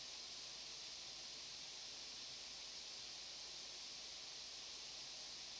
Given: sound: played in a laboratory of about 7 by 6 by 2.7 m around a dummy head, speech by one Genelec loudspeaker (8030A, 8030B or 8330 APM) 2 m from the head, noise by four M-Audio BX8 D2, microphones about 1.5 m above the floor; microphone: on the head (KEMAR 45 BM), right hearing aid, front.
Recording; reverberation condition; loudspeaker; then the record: white noise; low; four, about 170 cm from the corners of the room and facing them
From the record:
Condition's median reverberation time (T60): about 310 ms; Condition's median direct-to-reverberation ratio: about 3.5 dB